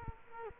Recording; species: mosquito wingbeat signal from an infrared sensor; Culex quinquefasciatus